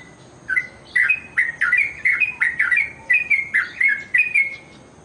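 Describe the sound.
Bird song of bright, quick chirped notes in a lively run of many notes.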